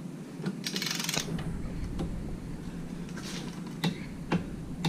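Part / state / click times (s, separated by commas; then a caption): torque wrench tightening a lower unit fastener on an outboard motor / torque reached / 0.7 s. A torque wrench set to 55 foot-pounds tightens a lower unit fastener on a Mercury 115 hp Command Thrust outboard motor, with the prop braced by a block of wood. A burst of sharp metallic ratcheting sounds from about 0.6 to 1.2 s, with the wrench clicking at 0.7 s to signal the set torque is reached, followed by a few isolated knocks near 3.8 and 4.4 s.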